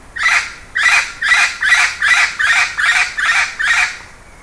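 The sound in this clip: Bird repeating a rough, scratchy screech eight times in quick, even succession, roughly two or three calls per second.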